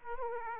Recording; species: mosquito wingbeat signal from an infrared sensor; Aedes aegypti